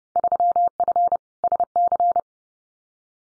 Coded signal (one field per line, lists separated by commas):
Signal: Morse code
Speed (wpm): 30 wpm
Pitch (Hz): 700 Hz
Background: none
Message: 3F SC